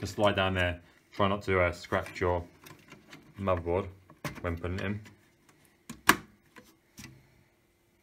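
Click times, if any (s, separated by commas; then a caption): 6.1 s. A PCIe Wi-Fi expansion card is pushed down into a motherboard expansion slot while someone talks, with faint small taps and scrapes between phrases. A loud, sharp click at 6.1 s marks the card seating in the slot.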